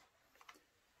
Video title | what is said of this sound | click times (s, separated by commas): BERETTA vs BENELLI semi-auto shotguns | into the magazine tube until i hear a click and it clears then i release the bolt | 0.5 s